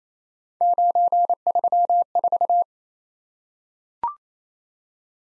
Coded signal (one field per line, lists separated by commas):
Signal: Morse code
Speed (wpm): 29 wpm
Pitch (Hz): 700 Hz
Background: none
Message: 934